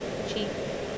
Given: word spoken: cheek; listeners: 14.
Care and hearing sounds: one English word in noise, from a listening test; speech-shaped noise; -5.6 dB; 1 of 14; 8 of 14; 0.58 s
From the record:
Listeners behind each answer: 8, 4, 1, 1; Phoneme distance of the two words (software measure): 10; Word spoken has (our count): 1 syllable, 3 phonemes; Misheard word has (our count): 1 syllable, 3 phonemes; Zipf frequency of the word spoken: 3.93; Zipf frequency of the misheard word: 4.65

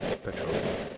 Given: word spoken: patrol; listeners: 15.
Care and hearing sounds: one English word in noise, from a listening test; noise modulated by three-talker babble; -6.6 dB; 3 of 15; 10 of 15; 0.58 s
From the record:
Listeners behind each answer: 10, 3, 1, 1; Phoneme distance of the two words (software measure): 20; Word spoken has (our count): 2 syllables, 6 phonemes, stress on syllable 2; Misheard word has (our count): 2 syllables, 6 phonemes, stress on syllable 1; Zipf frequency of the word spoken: 4.22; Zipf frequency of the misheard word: 4.24

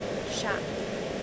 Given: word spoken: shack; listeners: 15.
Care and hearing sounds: one English word in noise, from a listening test; speech-shaped noise; -4.6 dB; 2 of 15; 9 of 15; 0.83 s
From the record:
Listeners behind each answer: 9, 2, 2, 1, 1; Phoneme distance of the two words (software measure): 20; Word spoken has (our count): 1 syllable, 3 phonemes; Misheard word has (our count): 1 syllable, 3 phonemes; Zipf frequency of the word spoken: 3.23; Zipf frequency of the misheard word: 4.29

